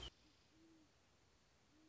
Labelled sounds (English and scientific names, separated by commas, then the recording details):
Great Horned Owl (Bubo virginianus)
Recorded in Sonoma County, California